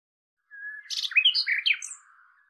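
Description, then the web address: Common nightingale song phrase: a low steady whistle, then a quick jumble of buzzy and sliding notes fading out. "cianscape birddata Deverinetal 2025"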